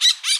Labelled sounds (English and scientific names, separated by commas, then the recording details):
Brown-throated Parakeet (Eupsittula pertinax) contact call
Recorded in Bonaire
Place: just S of turnoff to Cai, near Lac Bay
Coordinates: 12.126, -68.239